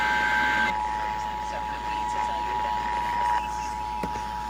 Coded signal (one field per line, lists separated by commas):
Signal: Emergency Alert System (SAME) tones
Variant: 853 and 960 Hz attention tone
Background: speech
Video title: San Diego Required Monthly Test (EAS #199 202) 7/7/21